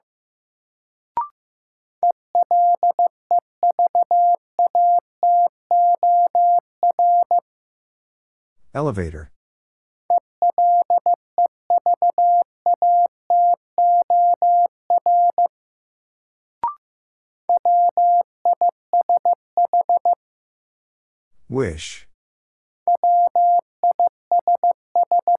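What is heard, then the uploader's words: A steady mid-pitched Morse tone beeps out rapid dots and dashes in several runs, broken by two sweeping whooshes near nine and twenty-two seconds. New Word Drill - 15wpm. First, the word is sent in Morse code.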